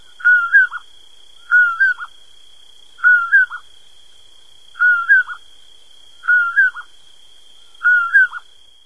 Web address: Songs of Birds of North America Stokes. Common Poorwill